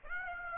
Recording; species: mosquito wingbeat signal from an infrared sensor; Aedes aegypti